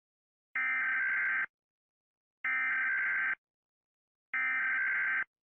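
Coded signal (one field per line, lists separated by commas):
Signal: Emergency Alert System (SAME) tones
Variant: header bursts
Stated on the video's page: Fake mock EAS scenario for a black hole approach, containing valid EAS tones.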